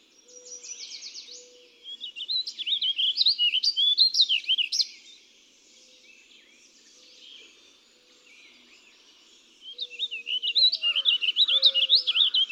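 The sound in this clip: Warbling vireo song: two lively warbled phrases of twisting, up-and-down notes separated by a quiet gap, with short low whistled notes in between.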